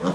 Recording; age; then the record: pig call; piglet (1 to 25 days)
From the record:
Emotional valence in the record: positive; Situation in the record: huddling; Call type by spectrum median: low-frequency call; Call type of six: low-frequency tonal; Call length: 0.14 s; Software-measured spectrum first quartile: 223 Hz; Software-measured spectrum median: 444 Hz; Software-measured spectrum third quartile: 860 Hz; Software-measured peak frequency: 184 Hz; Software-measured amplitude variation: 109 dB a second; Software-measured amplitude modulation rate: 3.5 a second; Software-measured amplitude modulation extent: 31.6 dB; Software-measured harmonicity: -0.1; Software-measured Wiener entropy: -0.85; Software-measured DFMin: 908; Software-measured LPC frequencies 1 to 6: 442, 1185, 3154, 3537, 5334, 6652 Hz